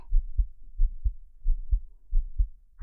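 A woman's live heartbeat, heard with the ear held directly against her chest: soft, low paired thumps repeat in a steady lub-dub rhythm at about 90 beats a minute. Four full cycles are heard with no extra sounds between beats.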